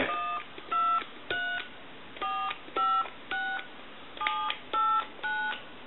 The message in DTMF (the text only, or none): 123456789